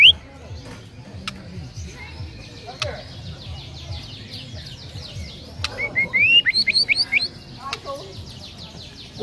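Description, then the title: Bird calls: a short series of quick rising whistled chirps over a soft background of other twittering birds. "Kicau Burung"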